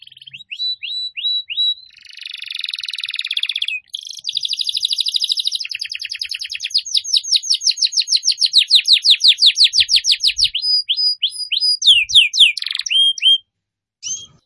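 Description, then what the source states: Canary song: rapid rolling trills and repeated up-slurred whistled syllables in fast tours, shifting pattern every few seconds, high-pitched and continuous. Canary song used as a lure for birds.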